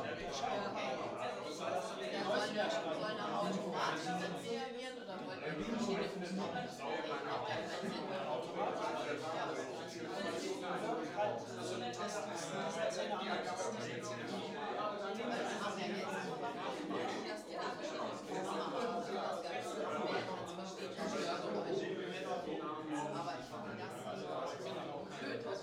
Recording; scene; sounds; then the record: everyday scene through a hearing-aid microphone; many people talking; many voices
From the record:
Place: bistro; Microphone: in the ear canal, right